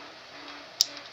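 A crimped wire terminal for the front left is pressed into the plastic connector housing of a car audio harness. A faint steady hiss runs throughout, then a sharp, bright click at 0.8 s shows the terminal has seated, and someone talks approvingly afterward.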